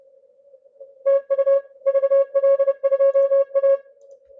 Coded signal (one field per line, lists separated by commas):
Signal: Morse code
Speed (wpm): 31 wpm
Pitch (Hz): 530 Hz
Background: none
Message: TU VL2A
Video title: ARRL Inter. DX Contest, CW